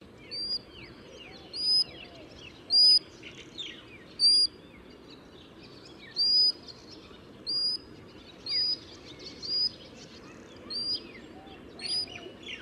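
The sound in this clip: Common sandpiper calls: thin, high whistled notes, each slightly rising then falling, repeated roughly every second, over steady low rushing noise with faint other bird notes.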